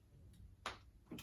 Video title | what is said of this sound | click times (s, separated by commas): How to fold an electric wheelchair - LITH-TECH SMART CHAIR 1 & SMART CHAIR 1 XL ( full demo) | your arm press requires lastly and lock it off just for safety so like | 0.7 s